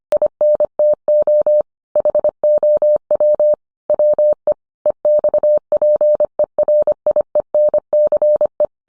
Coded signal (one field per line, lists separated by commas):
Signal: Morse code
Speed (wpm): 25 wpm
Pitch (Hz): 600 Hz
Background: none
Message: INTO HOW WE EXPERIENCE